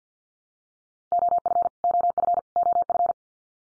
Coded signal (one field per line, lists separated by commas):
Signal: Morse code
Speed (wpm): 50 wpm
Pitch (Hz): 700 Hz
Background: none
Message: OF OF OF